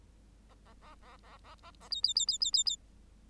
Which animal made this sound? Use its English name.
Bengalese Finch